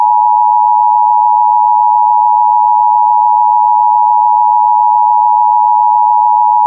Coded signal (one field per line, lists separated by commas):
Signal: Emergency Alert System (SAME) tones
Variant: 853 and 960 Hz attention tone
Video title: CODE 7- EAS Scenario